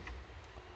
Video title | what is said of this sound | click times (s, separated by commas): ELEVALUNAS ROTO - CÓMO DESMONTAR PANEL DE PUERTA Y SOLUCIONAR VENTANILLA CAIDA | soltando así clac clac clac clac clac y ya está luego | 0.1 s